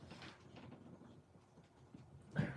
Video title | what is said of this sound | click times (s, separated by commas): Learn How To Make a Puppet | I got a little snap. You can't hear it, but I can feel it snap in place. | 2.4 s